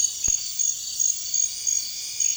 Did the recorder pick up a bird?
no